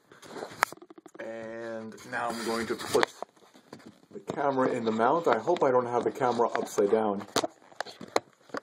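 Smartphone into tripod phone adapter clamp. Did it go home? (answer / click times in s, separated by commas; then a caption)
yes / 8.2 s. A smartphone is fitted into the smartphone adapter clamp on a JOBY Gorillapod flexible tripod while someone talks, with small handling taps around it. A sharp plastic click at 8.2 s marks the phone seating in the mount.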